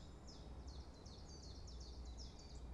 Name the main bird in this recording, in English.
Common Chiffchaff